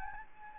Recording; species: mosquito wingbeat signal from an infrared sensor; Anopheles gambiae